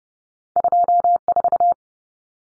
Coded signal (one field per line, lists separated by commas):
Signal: Morse code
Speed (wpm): 30 wpm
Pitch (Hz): 700 Hz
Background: none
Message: 24